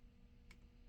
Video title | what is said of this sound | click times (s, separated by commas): Warriorland Crossbow unboxing: What you need to know | pretty good magnet it snaps right into place and it starts your charging | 0.5 s